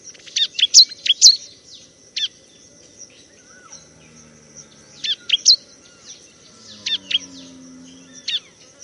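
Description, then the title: Bar-winged prinia song: short groups of bright, high chirps separated by gaps of a second or more, over a constant high hiss and faint low hum. Tutor recording for training cage birds. "Masteran Ciblek"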